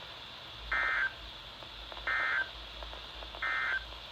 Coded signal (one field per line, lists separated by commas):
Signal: Emergency Alert System (SAME) tones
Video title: Fair well 2020 EAS#404-419 From: 12/24/20 - 12/30/20